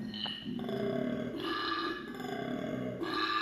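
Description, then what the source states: Koala bellowing in several rough, belching grunt phrases in a row. Recording played back.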